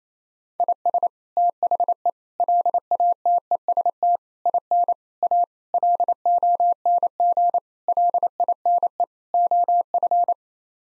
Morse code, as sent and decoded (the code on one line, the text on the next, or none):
.. ... / - .... . / .-.. .- - . ... - / .. -. / .- / .-.. --- -. --. / .-.. .. -. . / --- ..-.
IS THE LATEST IN A LONG LINE OF